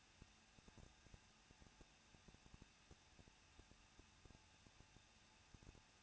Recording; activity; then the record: daily activity, microphone in the room; no activity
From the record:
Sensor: 2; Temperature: 21.0 degrees Celsius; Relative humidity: 37.3%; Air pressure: 1006.3 hPa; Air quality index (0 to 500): 220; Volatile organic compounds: 23 ppm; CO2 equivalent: 2784 ppm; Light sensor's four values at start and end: 2/3/2/2 and 2/3/2/2